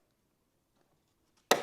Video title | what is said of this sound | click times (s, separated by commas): MK8 Fiesta - Emerald Boot Strut Install (CEUK) | So to install the strut, you're going to push on the bottom first and wait till you hear it click. | 1.5 s